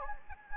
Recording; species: mosquito wingbeat signal from an infrared sensor; Anopheles gambiae